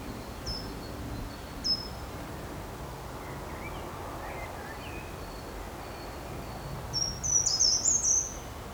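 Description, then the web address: Small birds singing: thin high notes dotted through a hissy background, ending with a louder run of very high twittering. Birds singing in a park. "مجموعه افکت صدا حیوانات SES Animals SFX Singing Birds in Park"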